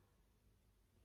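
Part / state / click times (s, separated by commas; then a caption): winding crown pushed into a wristwatch case / not seated / none. A twisted winding crown is being pushed back into a wristwatch case, with only faint, low handling noise and quiet room tone over about 1.1 seconds. Nothing has clicked or seated yet; the clip ends just before the crown goes home.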